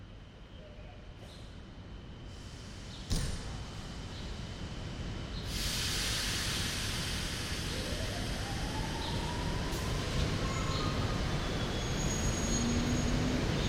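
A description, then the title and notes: Train station platform ambience: a steady low rumble swells after a sharp clank near three seconds, with a train's rising squeal and hiss. Wroclaw train station ambience. The recording was made with a Free Space Pro II binaural microphone (3DIO Sound). Recorded by Artur Olejarczyk.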